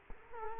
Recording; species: mosquito wingbeat signal from an infrared sensor; Culex quinquefasciatus